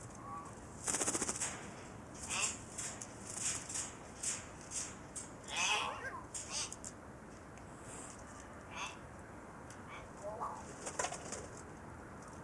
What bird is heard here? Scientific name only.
Mino dumontii